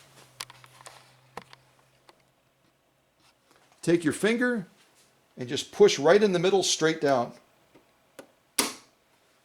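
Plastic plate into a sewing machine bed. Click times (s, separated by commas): 8.6 s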